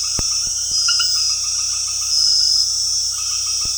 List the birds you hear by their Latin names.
none